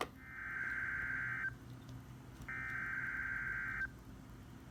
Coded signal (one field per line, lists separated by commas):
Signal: Emergency Alert System (SAME) tones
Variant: header bursts